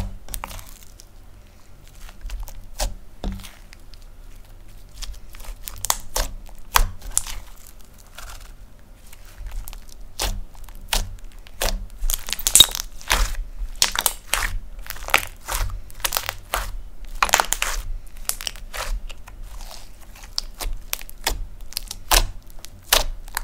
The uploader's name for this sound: Slime Sounds Crunchy, Poking, Stretching, Pressing